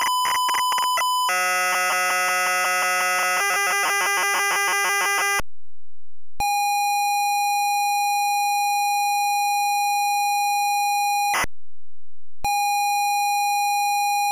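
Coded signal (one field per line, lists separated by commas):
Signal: ZX Spectrum tape loading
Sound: buzzy chiptune notes, then a steady high buzzing lead tone, brief screech, pause, tone resumes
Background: 1-bit chiptune music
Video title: Z23 - Crash 747 + ZX Spectrum Loading Screen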